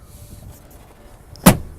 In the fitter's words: folds back down locks into place